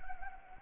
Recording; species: mosquito wingbeat signal from an infrared sensor; Anopheles gambiae